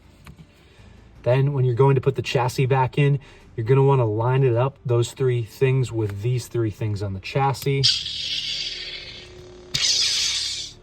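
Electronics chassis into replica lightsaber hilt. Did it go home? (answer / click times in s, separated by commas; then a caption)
yes / 9.8 s. Someone talks while lining up the three keys of the internal electronics chassis with those on a Korbanth Fallen Order V1 replica lightsaber hilt and pushing it in. A steady broadband rushing noise follows from about 7.9 s, then a sharp click at 9.8 s as the chassis locks into place in the hilt.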